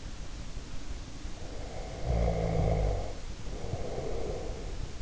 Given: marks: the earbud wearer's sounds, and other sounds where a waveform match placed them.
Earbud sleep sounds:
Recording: sounds in sleep by an in-ear microphone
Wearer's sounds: snoring breath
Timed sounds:
1.37-4.95 s: snoring breath

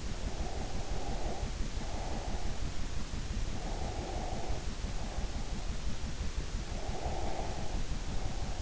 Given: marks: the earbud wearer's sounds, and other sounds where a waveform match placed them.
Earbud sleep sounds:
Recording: sounds in sleep by an in-ear microphone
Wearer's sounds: breath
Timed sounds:
0.40-2.59 s: breath
3.38-5.87 s: breath
6.74-8.62 s: breath

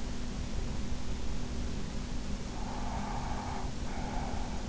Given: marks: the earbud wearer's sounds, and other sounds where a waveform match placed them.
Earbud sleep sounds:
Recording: sounds in sleep by an in-ear microphone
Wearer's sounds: breath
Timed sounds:
2.40-4.69 s: breath

